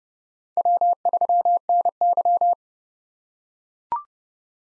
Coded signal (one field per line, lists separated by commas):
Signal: Morse code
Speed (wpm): 30 wpm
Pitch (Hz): 700 Hz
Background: none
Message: W3NY